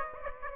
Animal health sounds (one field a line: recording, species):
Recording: mosquito wingbeat signal from an infrared sensor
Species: Aedes aegypti